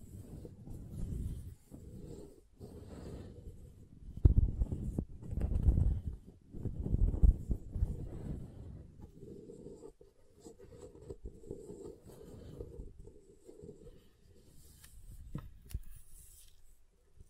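Soft and hard soap tapped and carved, with irregular scraping strokes and dull knocks, busiest around four to eight seconds, then quieter scratching.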